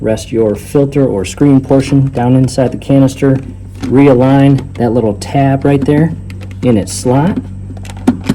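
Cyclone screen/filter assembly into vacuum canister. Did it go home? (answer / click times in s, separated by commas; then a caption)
yes / 8.1 s. Someone talks while a cyclone screen/filter assembly is rested inside the plastic canister of a Dyson stick vacuum, its tab lined up in its slot, and then pressed down. A few small clicks follow near the end, and the screen clicks firmly into place at 8.1 s, seated.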